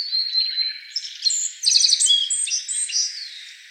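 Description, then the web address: Asian brown flycatcher song: a continuous, varied twitter of high squeaky notes, thin whistles and a brief rapid trill midway. Recorded on 25 May 2013. "birdenaga kosamebitaki"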